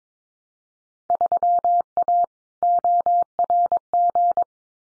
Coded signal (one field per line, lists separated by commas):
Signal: Morse code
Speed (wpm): 22 wpm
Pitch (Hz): 700 Hz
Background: none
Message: 3A ORG